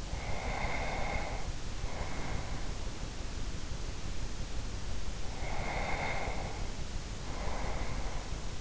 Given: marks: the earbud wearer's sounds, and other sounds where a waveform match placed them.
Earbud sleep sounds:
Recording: sounds in sleep by an in-ear microphone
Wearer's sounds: breath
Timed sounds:
0.05-3.02 s: breath
5.32-8.61 s: breath

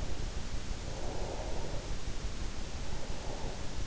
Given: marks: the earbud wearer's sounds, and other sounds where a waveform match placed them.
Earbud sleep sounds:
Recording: sounds in sleep by an in-ear microphone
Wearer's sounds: breath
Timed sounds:
0.75-3.79 s: breath

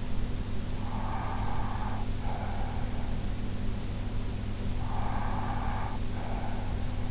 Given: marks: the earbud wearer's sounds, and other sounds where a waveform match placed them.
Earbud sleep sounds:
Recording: sounds in sleep by an in-ear microphone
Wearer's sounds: breath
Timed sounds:
0.69-3.05 s: breath
4.73-7.11 s: breath

